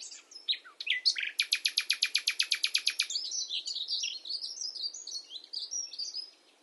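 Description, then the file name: Common nightingale song: a brief squeaky intro, then a rapid, loud series of repeated clicking notes, flowing into a long stretch of high warbled twitters. "Luscinia megarhynchos"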